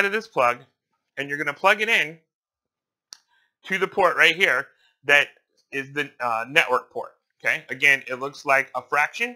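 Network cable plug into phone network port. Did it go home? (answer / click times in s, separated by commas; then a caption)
yes / 3.1 s. A plastic RJ45 network cable plug is pushed into the network port on the back of a Polycom phone. It seats with a single sharp click at 3.1 s, in a pause between stretches of someone talking.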